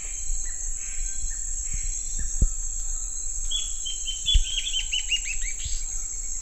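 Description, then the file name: Bird calls, a few faint notes early, then a rapid series of downslurred chirps, against a steady shrill insect whine and low rumble with knocks. "SABIOD 50 bird 2015"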